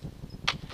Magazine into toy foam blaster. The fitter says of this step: this goes in you do want to make sure that it's locked in so you hear that's engaged